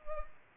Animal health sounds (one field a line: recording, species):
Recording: mosquito wingbeat signal from an infrared sensor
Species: Culex pipiens